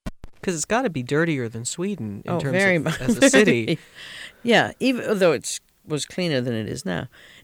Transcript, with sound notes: Because it's got to be dirtier than Sweden in terms of the city.
Oh, very much. ( she laughs ) Yeah, even though it was cleaner than it is now.